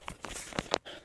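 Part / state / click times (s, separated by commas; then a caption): spark plug boot onto spark plug of mower engine / seated / 0.7 s. A rubber spark plug boot is pushed onto the spark plug terminal of an MTD push mower engine after a carburetor replacement. A few small taps and rustles lead up to a sharp snap at 0.7 s as the boot seats on the plug.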